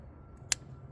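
A wiring connector is pushed onto an ignition coil pack during a spark plug change on a 2020 Hyundai Palisade Limited. A single sharp, loud click sounds at 0.5 s over a quiet low hum, and the connector is seated.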